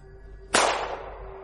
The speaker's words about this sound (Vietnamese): Lý Mật Dô lập tức bắn lên trời một phát súng.